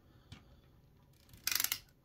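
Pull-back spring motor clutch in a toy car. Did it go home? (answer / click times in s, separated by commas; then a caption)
yes / 1.5 s, 1.6 s, 1.7 s. A 2024 Hot Wheels Pull-back Speeders '69 Mustang die-cast toy car is pulled backwards along a surface to wind its pull-back spring motor, with a soft tick near 0.3 s and faint rolling before the clicks. Once the spring is fully wound, the motor's clutch slips with a rapid run of sharp ratchet clicks at about 1.5, 1.6, 1.6, 1.6 and 1.7 s, signalling that the winding is complete.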